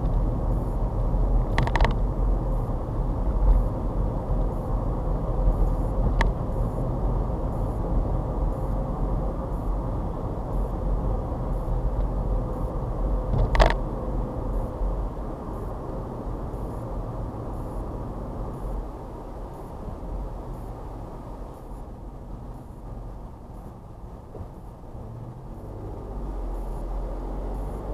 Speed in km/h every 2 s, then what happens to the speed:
42, 42, 44, 44, 47, 42, 42, 42, 39, 37, 31, 23, 15, 18.
0-15 steady at about 42. 15-24 slows to 15.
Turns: none.